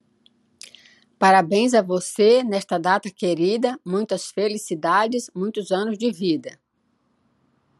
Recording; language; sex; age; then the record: short text; Brazilian Portuguese; female; 60 to 69 years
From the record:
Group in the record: control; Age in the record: 69 years